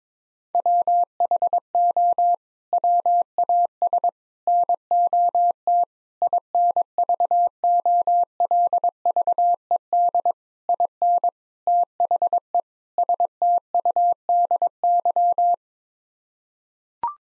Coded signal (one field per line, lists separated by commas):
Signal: Morse code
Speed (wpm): 22 wpm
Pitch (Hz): 700 Hz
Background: none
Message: WHO WAS NOT INVOLVED IN THE STUDY